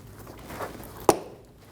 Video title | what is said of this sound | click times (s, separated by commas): How to Replace Front O2 Oxygen Sensor 2012-2022 Volkswagen Passat 2.5L L5 | push until you hear a click, | 1.1 s